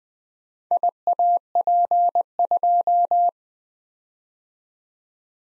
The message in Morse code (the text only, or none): IAP2